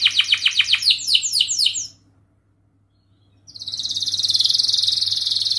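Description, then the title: Canary song opening with a rapid run of repeated descending notes, a short pause, then a sustained buzzy rolling trill; steady low hum beneath. Canary singing nonstop ('gacor') with elaborate 'cengkok' phrasing and rich 'isian' fill, for training birds. "Kenari Gacor Cengkok Terbaik Isian Paling Mewah Kenari"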